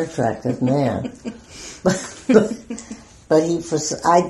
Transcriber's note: laughter